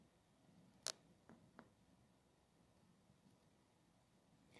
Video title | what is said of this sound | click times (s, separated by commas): Evalyn® Brush Instructions (French) | la bosse atteindra la position correcte pour le prélèvement un clic sonore se fait entendre et ressentir | 0.9 s